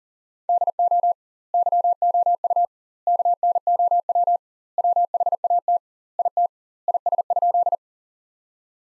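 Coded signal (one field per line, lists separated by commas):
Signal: Morse code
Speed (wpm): 40 wpm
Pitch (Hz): 700 Hz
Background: none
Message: DO YOU KNOW WHAT IT IS?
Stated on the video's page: Morse practice sentences from the top 100 words at 40 wpm with double word spacing, a Farnsworth-like method.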